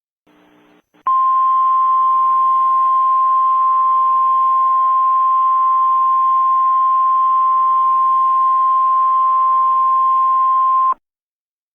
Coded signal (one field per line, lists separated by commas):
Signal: Emergency Alert System (SAME) tones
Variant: 1050 Hz attention tone